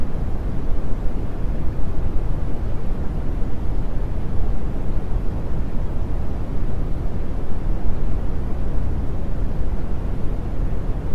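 Deep brown noise rumbles steadily throughout, heavy in the low end with a soft, muffled top and almost nothing bright. The sound is dense and unchanging, with only a slight grainy flutter in loudness and no separate events.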